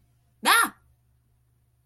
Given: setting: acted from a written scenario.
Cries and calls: vocal sound without words; fear

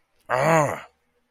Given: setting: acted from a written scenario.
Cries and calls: vocal sound without words; anger

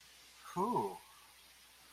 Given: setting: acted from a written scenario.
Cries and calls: vocal sound without words; interest

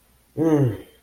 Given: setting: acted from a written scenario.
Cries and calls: vocal sound without words; contentment

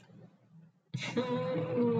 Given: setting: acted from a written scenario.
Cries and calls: vocal sound without words; shame

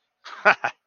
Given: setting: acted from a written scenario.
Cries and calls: vocal sound without words; amusement

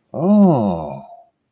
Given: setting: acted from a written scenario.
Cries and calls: vocal sound without words; realization

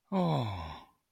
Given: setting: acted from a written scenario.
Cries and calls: vocal sound without words; adoration

